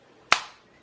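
A section of a waterproof plastic LifeProof FRĒ phone case that had not been sealed properly is pressed shut around a Google Pixel XL smartphone. A single sharp, bright snap rings out at 0.3 s and fades over about two tenths of a second, with quiet before and after. The case edge snaps sealed.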